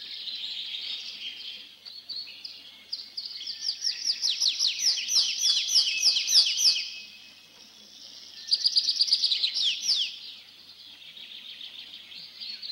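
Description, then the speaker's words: Tree Pipit singing high twittering phrases that build into a rapid series of repeated sharp notes, then a short pause, another trilled burst and softer twittering. Sung over forest edges and overgrown clearings; twittering first part begins perched in a tree and continues while flying up, second part sung while gliding down to a neighbouring treetop. "Песня лесного конька слышна над лесными опушками и зарастающими сечами."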